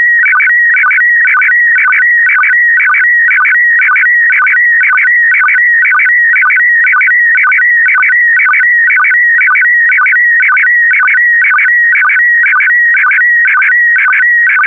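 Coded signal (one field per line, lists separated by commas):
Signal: SSTV (slow-scan television)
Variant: PD120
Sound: warbling whistle-like tones with rhythmic short low blips, about two per second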